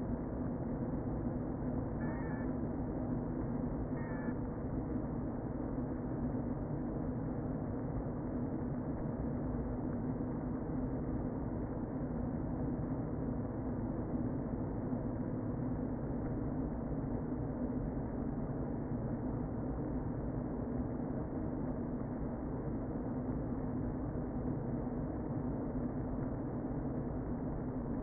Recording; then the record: honeybee colony, microphone inside the hive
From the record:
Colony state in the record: queen present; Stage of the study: before two queens were removed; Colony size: about 60,000 bees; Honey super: yes